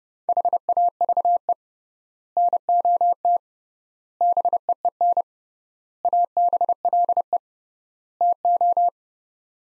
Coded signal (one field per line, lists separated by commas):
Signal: Morse code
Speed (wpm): 30 wpm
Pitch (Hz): 700 Hz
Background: none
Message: HAVE NOT BEEN ABLE TO